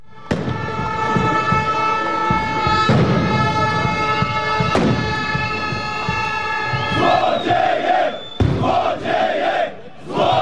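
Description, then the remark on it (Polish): A loud crowd of protesting miners in Jastrzębie-Zdroj, Poland, shouting and chanting together at the headquarters of Jastrzębska Spółka Węglowa, with sirens blaring steadily through the din and sharp bangs of firecrackers cutting in now and then over the continuous roar. “Tak protestowali górnicy w Jastrzębiu-Zdroju.”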